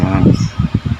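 A plastic back housing is being handled over a Samsung A21s smartphone frame while the phone is reassembled after an LCD replacement. Someone talks throughout, with low background noise. Nothing has seated or clicked yet; the housing clips have not snapped into place.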